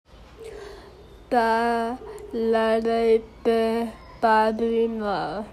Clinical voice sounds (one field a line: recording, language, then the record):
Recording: elicited speech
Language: Bengali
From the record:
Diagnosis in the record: Broca's or global aphasia after a stroke